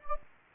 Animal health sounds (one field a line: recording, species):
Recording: mosquito wingbeat signal from an infrared sensor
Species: Anopheles gambiae